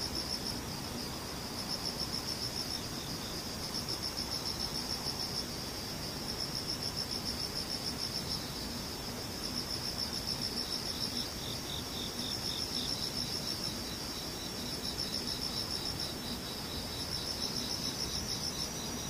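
Insects trill in regular high, bright bursts about every two and a half seconds over a steady hiss of continuous insect chirring.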